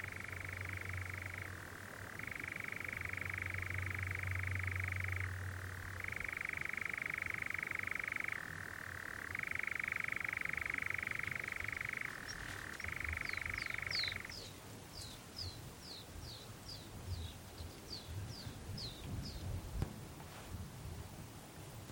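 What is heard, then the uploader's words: A nightjar churrs in long steady trills with brief pauses, then stops at about fourteen seconds, leaving quick bright chirps over a quiet night hush. The mesmerising churring of a nightjar on a summer's night. In this episode, it's a warm June evening on a hill in the Brecon Beacons and the strange churring of a nocturnal bird called the nightjar rises above the heady scent of honeysuckle and foxgloves.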